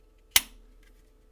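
A small fixed blade knife is pushed into its sheath and locks in with a single sharp, loud click at 0.4 s, followed by a faint, softer sound near 0.8 s. The knife is seated and nicely retained in the sheath without rattling.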